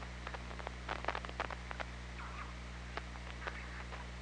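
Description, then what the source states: Killer whale call, a brief wavering tonal sound midway through, set among trains of sharp clicks over a steady low hum. Recorded by OrcaLab on a hydrophone, 24 August 2017, 21:30.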